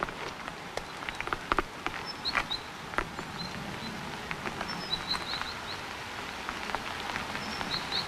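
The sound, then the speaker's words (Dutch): Steady rain patters throughout while a great tit, among oaks and shrubs, repeats its bright, high two-note territorial song in short phrases, soft but clear above the dripping. “Ik hoor in ieder geval ook een koolmees, toch, nu?”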